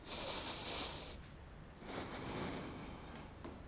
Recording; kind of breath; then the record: one breath in and out by a microphone near the nose and mouth; deep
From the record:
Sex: male